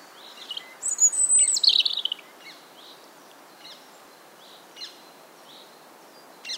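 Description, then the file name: European robin singing a loud, high, thin phrase of sweeping whistles and trills, then faint scattered high notes over steady background hiss. "Erithacus rubecula"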